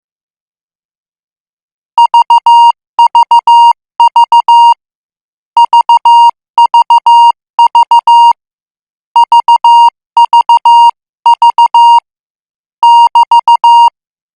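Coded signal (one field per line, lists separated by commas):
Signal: Morse code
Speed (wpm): 15 wpm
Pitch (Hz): 940 Hz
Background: music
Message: VVV VVV VVV <BT>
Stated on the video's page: Morse code at 14 words per minute.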